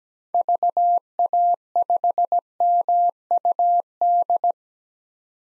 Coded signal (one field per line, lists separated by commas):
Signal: Morse code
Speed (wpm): 17 wpm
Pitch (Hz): 700 Hz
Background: none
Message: VA5MUD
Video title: 2023 POTA Activator Call Signs - 17wpm